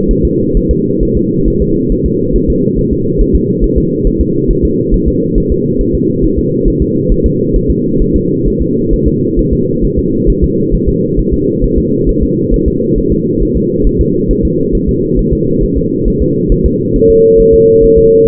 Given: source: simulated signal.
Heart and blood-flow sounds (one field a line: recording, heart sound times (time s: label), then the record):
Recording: fetal heart sounds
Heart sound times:
0.11 s: S1
0.25 s: S2
0.57 s: S1
0.71 s: S2
1.03 s: S1
1.17 s: S2
1.48 s: S1
1.62 s: S2
1.92 s: S1
2.06 s: S2
2.36 s: S1
2.50 s: S2
2.79 s: S1
2.93 s: S2
3.21 s: S1
3.36 s: S2
3.64 s: S1
3.78 s: S2
4.07 s: S1
4.21 s: S2
4.51 s: S1
4.65 s: S2
4.94 s: S1
5.08 s: S2
5.38 s: S1
5.52 s: S2
5.81 s: S1
5.95 s: S2
6.24 s: S1
6.39 s: S2
6.68 s: S1
6.82 s: S2
7.12 s: S1
7.26 s: S2
7.56 s: S1
7.71 s: S2
8.02 s: S1
8.16 s: S2
8.47 s: S1
8.62 s: S2
8.94 s: S1
9.08 s: S2
9.39 s: S1
9.53 s: S2
9.84 s: S1
9.99 s: S2
10.30 s: S1
10.44 s: S2
10.75 s: S1
10.89 s: S2
11.19 s: S1
11.34 s: S2
11.64 s: S1
11.78 s: S2
12.09 s: S1
12.23 s: S2
12.54 s: S1
12.68 s: S2
12.98 s: S1
13.12 s: S2
13.43 s: S1
13.57 s: S2
13.87 s: S1
14.01 s: S2
14.31 s: S1
14.45 s: S2
14.75 s: S1
14.89 s: S2
15.19 s: S1
15.33 s: S2
15.63 s: S1
15.78 s: S2
16.08 s: S1
16.22 s: S2
16.52 s: S1
16.66 s: S2
16.96 s: S1
17.10 s: S2
17.40 s: S1
17.54 s: S2
17.84 s: S1
17.98 s: S2
From the record:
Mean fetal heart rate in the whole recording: 135 bpm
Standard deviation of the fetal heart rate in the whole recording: 3 bpm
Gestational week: 36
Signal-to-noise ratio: -11.2 dB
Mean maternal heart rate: 72 bpm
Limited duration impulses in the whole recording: present